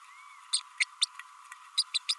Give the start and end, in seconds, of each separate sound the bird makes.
0.53-0.60, 0.80-0.85, 1.01-1.06, 1.77-1.83, 1.94-1.98, 2.08-2.14